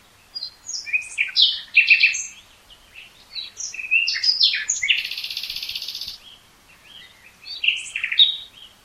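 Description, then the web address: Common nightingale singing a long varied phrase: rapid chirps and warbles building to a sustained fast buzzing trill, then a pause and more sharp notes. "SETE data Luscinia megarhynchos"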